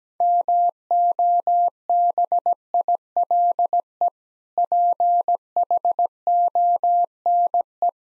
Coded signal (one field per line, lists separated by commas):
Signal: Morse code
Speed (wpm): 17 wpm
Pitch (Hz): 700 Hz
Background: none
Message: MOBILE PHONE